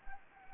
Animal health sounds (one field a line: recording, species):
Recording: mosquito wingbeat signal from an infrared sensor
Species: Anopheles arabiensis